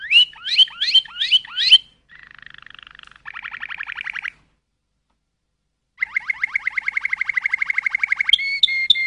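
Canary song: several rising slurred whistles, then soft buzzy trills, a pause, and a fast trill of rising notes, ending with a higher note.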